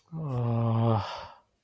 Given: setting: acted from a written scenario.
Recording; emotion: vocal sound without words; ecstasy